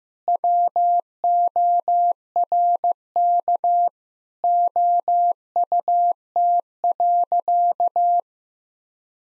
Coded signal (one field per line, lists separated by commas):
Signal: Morse code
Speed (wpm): 15 wpm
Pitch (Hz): 700 Hz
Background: none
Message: WORK OUT.